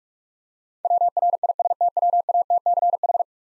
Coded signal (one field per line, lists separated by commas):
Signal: Morse code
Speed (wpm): 46 wpm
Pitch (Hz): 700 Hz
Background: none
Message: WRISTWATCH